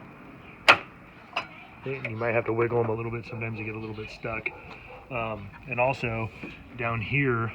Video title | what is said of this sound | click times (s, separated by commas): How to Replace 97-2004 Ford F-150 Headlight Bulb/Headlight Assembly | you got to pull these tabs up and you can hear it click | 1.4 s